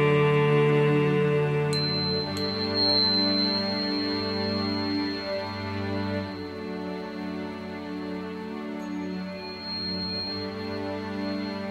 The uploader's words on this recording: This podcast has no talking just soothing music and Tuning Forks to help you balance your energies.